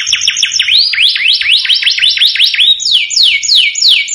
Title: Canto Para Esquentar Canário Belga. Suara Kenari Bikin Emosi & Langsung Nyaut